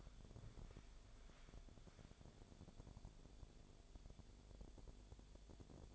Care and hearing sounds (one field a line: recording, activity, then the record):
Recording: daily activity, microphone in the room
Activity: walk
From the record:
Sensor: 5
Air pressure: 1000.6 hPa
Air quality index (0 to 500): 136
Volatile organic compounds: 2 ppm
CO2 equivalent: 1060 ppm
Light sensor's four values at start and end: 46/107/44/46 and 46/108/45/46